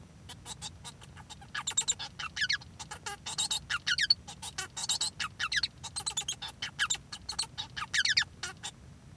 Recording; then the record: song of a male Bengalese finch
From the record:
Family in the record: son of father 1